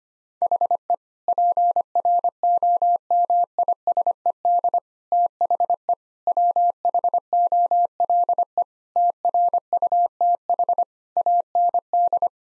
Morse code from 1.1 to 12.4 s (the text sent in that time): PROMISED THE WHOLE TRUTH AND